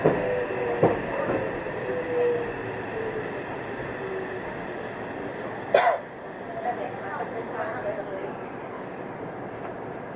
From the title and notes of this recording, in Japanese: 横浜市営地下鉄3000R形 関内〜あざみ野。快速運用で録音。録音はICレコダーを使用しています。